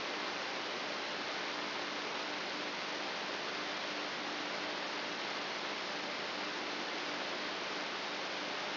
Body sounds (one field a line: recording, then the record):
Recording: brain microelectrode recording played as sound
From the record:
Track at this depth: inside the subthalamic nucleus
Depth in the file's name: 6.016 mm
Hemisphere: left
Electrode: 3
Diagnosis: Parkinson's disease